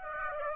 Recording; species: mosquito wingbeat signal from an infrared sensor; Aedes aegypti